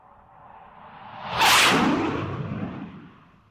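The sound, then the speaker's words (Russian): The whistle of a returning ship: a rising, whistling whoosh swells in over about a second, peaks in a bright hissing rush, then trails off into a lower rumbling roar that fades gradually. No voices. “Буквально через несколько минут мы услышали свист. Ошибки быть не могло. Корабль вернулся.”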